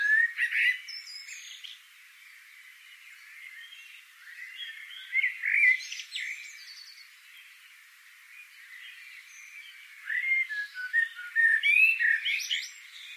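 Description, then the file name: Eurasian blackbird singing: several warbled phrases with high squeaky endings, spaced by quieter pauses, the busiest stretch near the end. "Turdus merula"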